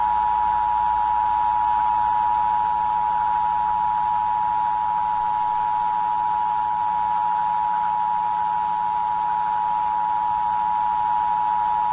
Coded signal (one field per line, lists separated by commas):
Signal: Emergency Alert System (SAME) tones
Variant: 853 and 960 Hz attention tone